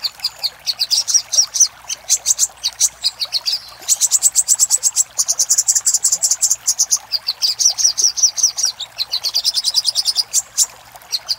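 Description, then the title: Little spiderhunter song: dense, high-pitched chattering trills of quick repeated notes, pausing briefly between bursts. Master recording used for training cage birds. "Sogok Ontong Labaik"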